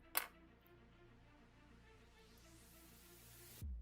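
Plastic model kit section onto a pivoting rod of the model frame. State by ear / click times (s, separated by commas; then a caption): not seated / none. A plastic section of a Master Grade Gundam model kit is handled and pressed onto a pivoting rod of the model frame. A sharp plastic knock at 0.2 s and a faint tick at 0.7 s sit over a quiet, steady background of low tones, and the clip ends with a dull low thump at about 3.6 s. The part has not seated or clicked into place yet.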